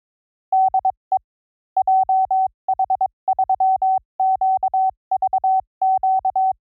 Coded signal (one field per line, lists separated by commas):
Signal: Morse code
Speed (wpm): 22 wpm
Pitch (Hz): 760 Hz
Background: none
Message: DE JH3QVQ